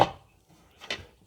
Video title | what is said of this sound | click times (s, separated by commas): Transform Van for Camping Part 7 - Shelves, Hatches, Netting | and that locks into place and again I'll add I'll change this out to | 0.0 s